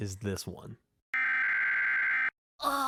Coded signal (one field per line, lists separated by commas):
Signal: Emergency Alert System (SAME) tones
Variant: header bursts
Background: speech